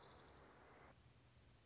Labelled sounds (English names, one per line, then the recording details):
Orange-crowned Warbler
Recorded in Sonoma County, California